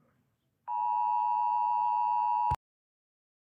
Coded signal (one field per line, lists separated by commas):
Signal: Emergency Alert System (SAME) tones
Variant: 853 and 960 Hz attention tone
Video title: Rating eas alarms part 1 with my besties.